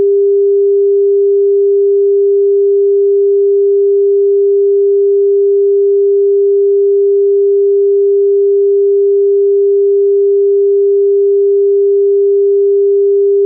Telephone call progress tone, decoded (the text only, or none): dial tone